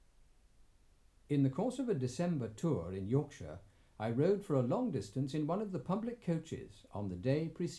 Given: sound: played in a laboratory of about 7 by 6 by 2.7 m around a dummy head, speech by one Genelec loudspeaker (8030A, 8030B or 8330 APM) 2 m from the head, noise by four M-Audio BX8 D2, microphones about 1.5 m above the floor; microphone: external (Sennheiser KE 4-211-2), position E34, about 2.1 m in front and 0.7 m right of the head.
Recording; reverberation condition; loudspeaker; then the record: male speech in English; low; 30 degrees to the right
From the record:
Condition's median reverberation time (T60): about 310 ms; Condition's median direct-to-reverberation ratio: about 3.5 dB